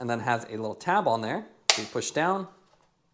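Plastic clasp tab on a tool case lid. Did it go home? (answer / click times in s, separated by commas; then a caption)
no / none. Someone talks while handling the plastic clasp on the lid of a Topeak Torq Stick Pro 4-20 Nm bike torque wrench set case, sliding the clasp over and getting ready to push its little tab down. The clip ends before the tab is pushed home, so nothing has seated or clicked yet.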